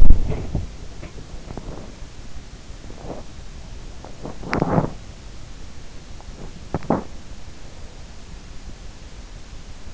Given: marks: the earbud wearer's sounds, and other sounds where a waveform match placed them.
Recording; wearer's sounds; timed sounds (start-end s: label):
sounds in sleep by an in-ear microphone; body movement
0.00-7.37 s: body movement